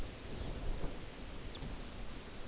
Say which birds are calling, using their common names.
Lapland Longspur